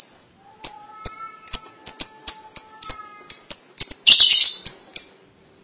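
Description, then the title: Lovebird calls: sharp, high-pitched chirps repeated in quick succession, building into a brief rapid squabble of shrill notes near the end. "BM Suara Burung Lovebird"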